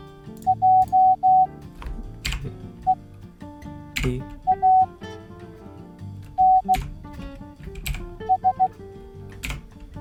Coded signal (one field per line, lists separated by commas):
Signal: Morse code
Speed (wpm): 16 wpm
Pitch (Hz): 750 Hz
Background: music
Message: JEANS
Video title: Fastest Way to Learn Morse Code